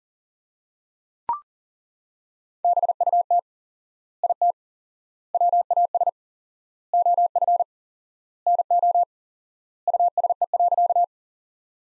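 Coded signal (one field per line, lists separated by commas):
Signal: Morse code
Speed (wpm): 40 wpm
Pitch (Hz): 700 Hz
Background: none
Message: BUT IT WAS OF NO USE.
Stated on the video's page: Morse practice sentences from the top 100 words at 40 wpm with 4x word spacing, a word-based approach analogous to Farnsworth.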